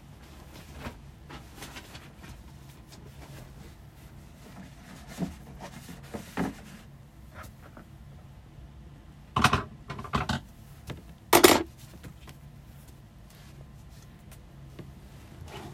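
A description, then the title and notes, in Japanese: Cleaning and rearranging furniture, with a desk and sofa being moved. A low, steady rumble runs underneath scattered small knocks and taps, and louder scraping thumps come in a cluster around the middle and at about eleven seconds before things quiet down again. 掃除と片付け。机とソファの位置を変える。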